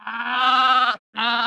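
Goat bleating: a steady bleat of about one second, then a brief pause and a second, shorter bleat.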